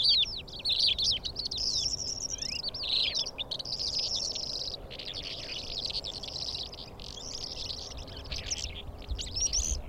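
Calandra lark singing a hurried stream of scratchy twitters and quick whistled notes, with faint background hiss.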